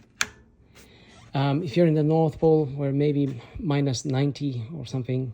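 A coolant cap on the reservoir of a 2019 Toyota C-HR Hybrid is locked during a coolant check, giving one sharp click at 0.2 s that shows the cap is seated. Someone then talks for the rest of the clip.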